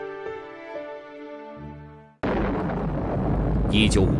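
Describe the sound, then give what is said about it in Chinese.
A sustained, sharply pitched tone gives way abruptly to loud, rumbling mountain-blasting explosions at the groundbreaking of the Ming Tombs (Shisanling) Reservoir on a Wenyu River tributary in Changping, north of Beijing, on 21 January 1958. A dense roar stays heavy and continuous for the last two seconds. “1958年1月21日，京北昌平温榆河支流上，隆隆的开山炮声中，一项注定会载入新中国史册的工程正式破土动工。”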